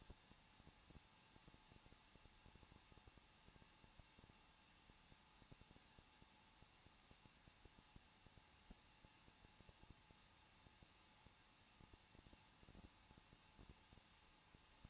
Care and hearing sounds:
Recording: daily activity, microphone in the room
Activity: no activity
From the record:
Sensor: 1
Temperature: 20.1 degrees Celsius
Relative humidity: 39.1%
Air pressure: 1006.4 hPa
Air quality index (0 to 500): 216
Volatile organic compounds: 74 ppm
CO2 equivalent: 3551 ppm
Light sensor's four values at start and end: 1/2/1/1 and 1/2/1/1

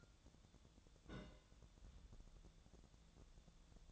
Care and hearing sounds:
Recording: daily activity, microphone in the room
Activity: place on stove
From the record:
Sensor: 3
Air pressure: 1000.0 hPa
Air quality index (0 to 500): 123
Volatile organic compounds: 2 ppm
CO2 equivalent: 1108 ppm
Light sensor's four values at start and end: 47/119/51/57 and 47/119/51/57

